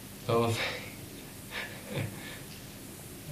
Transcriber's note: laughs